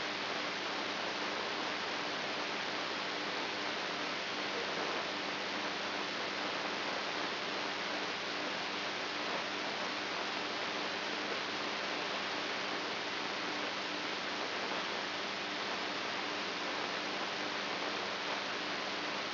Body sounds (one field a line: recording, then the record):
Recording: brain microelectrode recording played as sound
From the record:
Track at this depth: outside the subthalamic nucleus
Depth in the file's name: 5.909 mm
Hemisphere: right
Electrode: 2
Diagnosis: Parkinson's disease